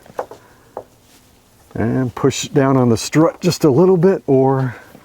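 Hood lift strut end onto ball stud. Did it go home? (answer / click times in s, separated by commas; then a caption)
no / none. A hood lift strut is being fitted onto its ball stud on a 2019 Chevy Silverado, with the strut pushed down slightly to seat its other end. A few faint, short handling taps come early, then someone talks for the rest of the clip. Nothing has seated or clicked yet.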